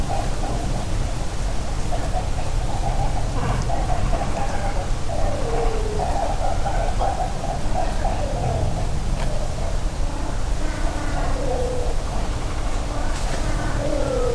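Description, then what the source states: Great cormorants producing rough, nasal croaks and low grunting calls in overlapping bouts, a busy colony chorus over a continuous low-frequency hum. Great cormorant colony beginning to nest in Hayashi, Ritto City, Shiga Prefecture, Japan; EM172 stereo microphones attached to a tree about 30cm in diameter, Sony ECM-M10 recorder; only trimmed and normalized, no EQ or filters.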